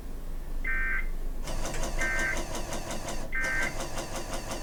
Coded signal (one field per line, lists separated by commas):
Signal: Emergency Alert System (SAME) tones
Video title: 4 Flood Warnings on KHB97 and WRRR-FM || 3/15/24 (EAS #2,467-2,470)